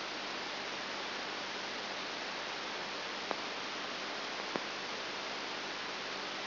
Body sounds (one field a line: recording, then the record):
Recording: brain microelectrode recording played as sound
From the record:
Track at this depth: inside the subthalamic nucleus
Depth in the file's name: 1.305 mm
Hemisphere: left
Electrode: 3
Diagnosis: Parkinson's disease